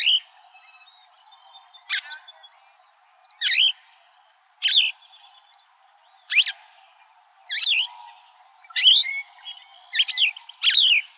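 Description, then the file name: Cassin's Vireo singing short hoarse, slurred phrases, one after another with brief silences between them. "CAVI 3 B deviche"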